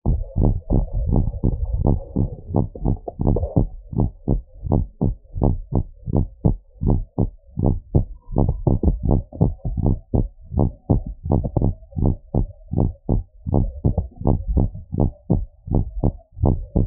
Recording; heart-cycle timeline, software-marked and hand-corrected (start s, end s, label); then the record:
heart sounds
0.00	0.08	systole
0.08	0.20	S2
0.20	0.42	diastole
0.42	0.54	S1
0.54	0.76	systole
0.76	0.86	S2
0.86	1.10	diastole
1.10	1.26	S1
1.26	1.50	systole
1.50	1.60	S2
1.60	1.84	diastole
1.84	1.98	S1
1.98	2.18	systole
2.18	2.28	S2
2.28	2.52	diastole
2.52	2.64	S1
2.64	2.84	systole
2.84	2.96	S2
2.96	3.26	diastole
3.26	3.38	S1
3.38	3.58	systole
3.58	3.68	S2
3.68	3.96	diastole
3.96	4.08	S1
4.08	4.30	systole
4.30	4.40	S2
4.40	4.68	diastole
4.68	4.84	S1
4.84	5.08	systole
5.08	5.16	S2
5.16	5.42	diastole
5.42	5.56	S1
5.56	5.76	systole
5.76	5.86	S2
5.86	6.14	diastole
6.14	6.26	S1
6.26	6.46	systole
6.46	6.58	S2
6.58	6.86	diastole
6.86	7.00	S1
7.00	7.20	systole
7.20	7.30	S2
7.30	7.60	diastole
7.60	7.74	S1
7.74	7.96	systole
7.96	8.06	S2
8.06	8.36	diastole
8.36	8.48	S1
8.48	8.68	systole
8.68	8.80	S2
8.80	9.06	diastole
9.06	9.20	S1
9.20	9.42	systole
9.42	9.54	S2
9.54	9.82	diastole
9.82	9.96	S1
9.96	10.16	systole
10.16	10.28	S2
10.28	10.56	diastole
10.56	10.70	S1
10.70	10.90	systole
10.90	11.02	S2
11.02	11.30	diastole
11.30	11.42	S1
11.42	11.64	systole
11.64	11.74	S2
11.74	12.02	diastole
12.02	12.14	S1
12.14	12.36	systole
12.36	12.48	S2
12.48	12.76	diastole
12.76	12.90	S1
12.90	13.10	systole
13.10	13.22	S2
13.22	13.52	diastole
13.52	13.66	S1
13.66	13.86	systole
13.86	13.96	S2
13.96	14.26	diastole
14.26	14.38	S1
14.38	14.56	systole
14.56	14.68	S2
14.68	14.98	diastole
14.98	15.10	S1
15.10	15.36	systole
15.36	15.46	S2
15.46	15.72	diastole
15.72	15.84	S1
15.84	16.04	systole
16.04	16.14	S2
16.14	16.42	diastole
16.42	16.56	S1
16.56	16.76	systole
16.76	16.87	S2
From the record:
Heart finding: normal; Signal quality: good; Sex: female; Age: 62 years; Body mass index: 22.6